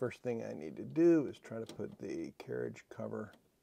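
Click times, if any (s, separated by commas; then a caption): none. Someone talks while handling the plastic carriage cover to press it back onto an inkjet printer's print head carriage. Only speech is heard, with no distinct click. Nothing has seated or clicked yet; the clip ends before the cover goes home.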